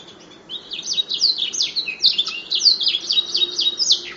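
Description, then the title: Canary song starting after a brief quiet moment, then a brisk series of high, slurred chirps over a low hum. "kenari"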